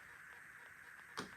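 A wheel on a replacement Hot Toys DeLorean model car is brought down while a hand supports the strut on the inside; it is stiff at first. After a quiet, steady hiss, a single sharp click at 1.2 s marks the wheel and strut folding down and seating into place.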